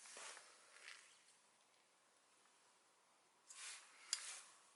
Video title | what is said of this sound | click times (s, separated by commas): HOPE XCR Lever Strip Down, Rebuild and Discussion | press down on these circuits just to make sure that they've clicked | 4.1 s